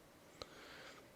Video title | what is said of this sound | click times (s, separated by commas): Rear Brakes on a 2002 Dodge Grand Caravan Sport | it snaps in place | 0.4 s